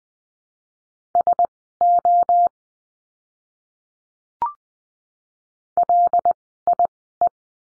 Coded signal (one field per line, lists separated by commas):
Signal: Morse code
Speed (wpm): 20 wpm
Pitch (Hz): 700 Hz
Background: none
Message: SO LIE